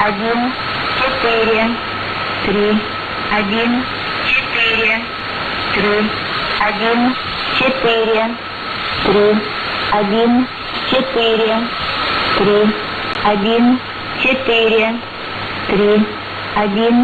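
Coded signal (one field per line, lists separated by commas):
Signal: numbers station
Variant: S06s, Russian female voice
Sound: woman repeating Russian numbers четыре, три, один over and over, evenly spaced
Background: radio static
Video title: 28 02 2019 S06s Russian Lady numbers station in Russian to Eu 0940 on 9540 unknown tx site USB+AM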